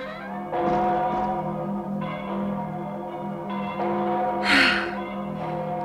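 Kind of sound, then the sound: signal or alarm, church bells ringing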